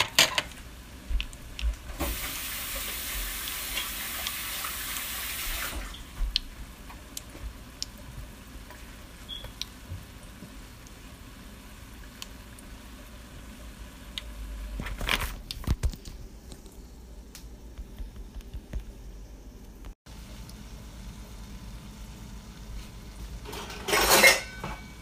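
Fried Oreos and funnel sticks being prepared, with a steady low sizzle of frying throughout. A loud hissing burst runs from about 2 to 6 seconds, with shorter bursts near 15 and 24 seconds, and scattered clinks of dishes and utensils in between.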